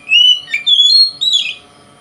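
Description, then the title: Oriental magpie-robin giving a few clear whistled phrases, each sliding in pitch, ending with a buzzy flourish; faint hum underneath. Song style called 'konslet' in Indonesian, presented as a song that provokes other magpie-robins. "Kacer Konslet Bikin Kacer Lain"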